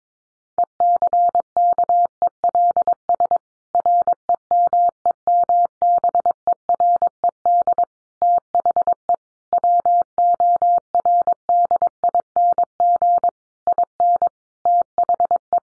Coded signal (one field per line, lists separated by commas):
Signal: Morse code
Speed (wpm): 22 wpm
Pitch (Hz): 700 Hz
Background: none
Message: ECKELS REMEMBERED THE WORDING IN THE